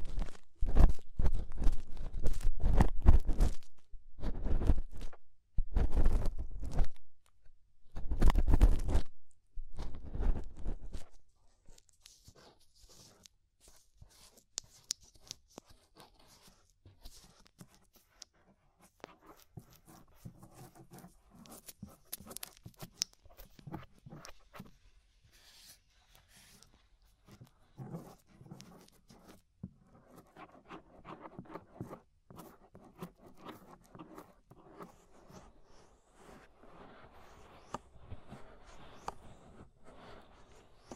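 Scraping sounds around the inner and outer ear, opening with loud, rough rubbing strokes in bursts during the first eleven seconds. After that the scraping turns much quieter and finer, a soft scratchy rustle with occasional sharper clicks and scrapes continuing to the end.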